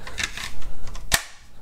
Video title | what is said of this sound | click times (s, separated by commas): Rounded Holsters (Concealment Express) Deliver Like No One Else (2022) | listen to that i mean just perfect click into place i haven't adjusted it at all that's how it came | 1.1 s